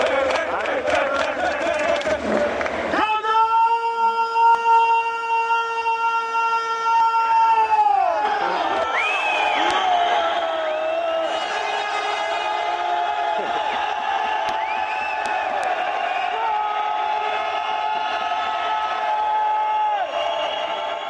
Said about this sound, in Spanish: Bueno, pues se celebró la Campus Party y hemos recogido un sonido, esto es real, ¿eh? Sonido ambiente de la Campus Party, del que está siendo el grito de guerra.